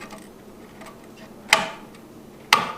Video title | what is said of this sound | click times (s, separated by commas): Solar Lights Installed | hear it snap it on | 1.5 s, 2.5 s